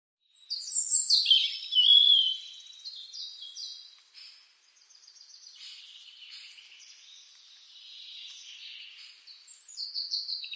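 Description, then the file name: European robin song opening with a loud cascade of high, wavering whistles, then softer rippling trills and a final bright high phrase. "Rudzik"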